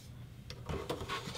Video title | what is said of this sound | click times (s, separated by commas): Synology DS415+ NAS Unboxing/Setup | it right in and clicks right into place, nice and solid. | 0.9 s